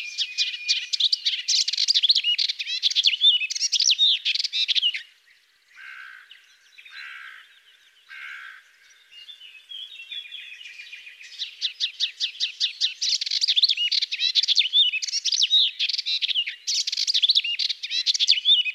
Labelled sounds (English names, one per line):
Melodious Warbler song